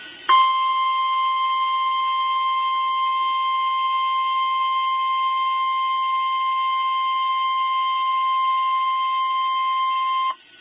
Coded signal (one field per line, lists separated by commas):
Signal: Emergency Alert System (SAME) tones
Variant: 1050 Hz attention tone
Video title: 2 Tornado Watches (EAS# 27-28)